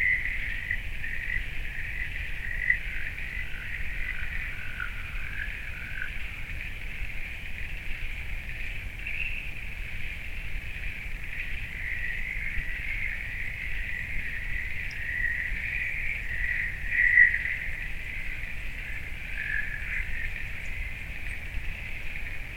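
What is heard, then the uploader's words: Crickets chirp in a steady, dense chorus in a forest in the late evening, a thin high band of sound that barely changes across the whole recording. A soft low rumble sits underneath, and one slightly louder moment comes around seventeen seconds. Corin Forest - Part 3 - Late Evening. On the way I noticed the crickets chirping.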